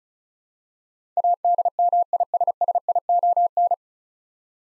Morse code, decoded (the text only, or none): ADMISSION